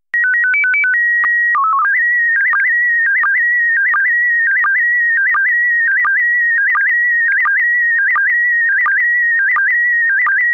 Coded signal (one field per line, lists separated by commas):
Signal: SSTV (slow-scan television)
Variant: PD 90